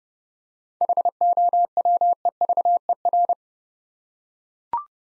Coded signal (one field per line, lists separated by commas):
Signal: Morse code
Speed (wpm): 29 wpm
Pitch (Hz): 700 Hz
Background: none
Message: HOWEVER